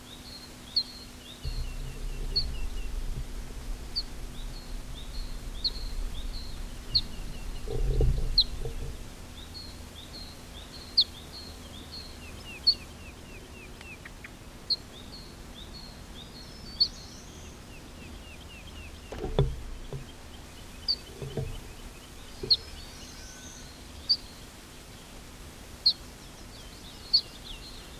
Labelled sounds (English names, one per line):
Ortolan Bunting aggressive call